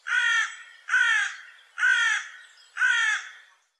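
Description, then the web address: Bird calls: four hoarse, cawing notes, each about half a second long and fading out, repeated evenly roughly once a second against silence. "cianscape birddata Deverinetal"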